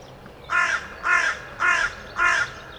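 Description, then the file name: Carrion crow giving four rasping caws in quick, even succession. "Corvus corone"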